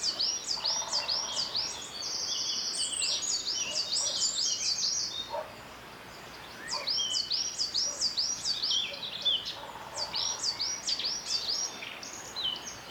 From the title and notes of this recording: Radio Birdsong from Snowdonia, North Wales. High above the Aberglaslyn Pass.